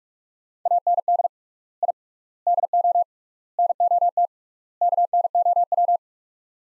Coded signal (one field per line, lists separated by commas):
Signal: Morse code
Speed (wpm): 42 wpm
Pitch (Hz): 700 Hz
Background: none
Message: AND I DO NOT KNOW